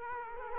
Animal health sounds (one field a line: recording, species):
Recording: mosquito wingbeat signal from an infrared sensor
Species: Culex quinquefasciatus